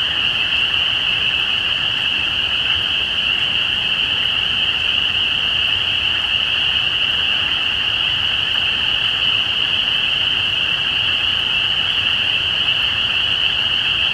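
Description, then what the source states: Spring peeper chorus, a dense unbroken wall of high peeping calls merging into one steady shrill band, with faint low rumble beneath throughout. Recorded at Easter 2017.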